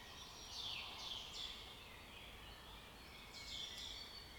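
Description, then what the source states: Bird song: bright, falling whistled notes in short bursts, a pause, then another burst, over steady background noise. Forest setting.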